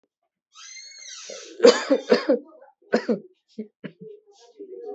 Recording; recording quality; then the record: heavy voluntary cough; excellent, no background noise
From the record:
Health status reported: recovered from COVID-19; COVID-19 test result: negative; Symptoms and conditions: none ticked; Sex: male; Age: 28 years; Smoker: not ticked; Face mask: worn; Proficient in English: yes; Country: India